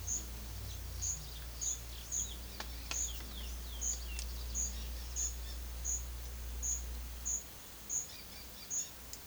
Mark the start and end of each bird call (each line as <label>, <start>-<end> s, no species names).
bird call, 0.69-5.60 s
bird call, 8.08-8.97 s